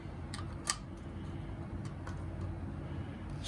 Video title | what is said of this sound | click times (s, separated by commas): 3rd party Puck accessories and a fun mod | to sit like this but it actually locks in place like that never | 0.7 s